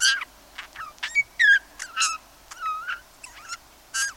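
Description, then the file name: Eurasian bullfinch calls: a few creaky, buzzy notes mixed with clear downslurred piping whistles, given in uneven bursts. "Pyrrhula pyrrhula"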